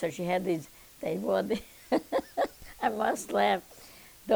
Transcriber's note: she laughs